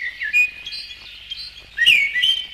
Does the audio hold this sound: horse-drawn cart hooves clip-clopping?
no